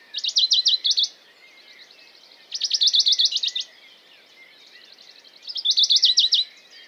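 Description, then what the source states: Western Bonelli's warbler song: three short dry trills of rapid repeated notes, each about a second long and a few seconds apart, with faint bird chorus behind. Dawn chorus, 6 May 2020, Valmaravel, Drôme, France; unpaired male perched on a small pine, unusually fast courtship song rather than territorial song, unlike usual widely spaced strophes while feeding; Nagra Seven, MKH40.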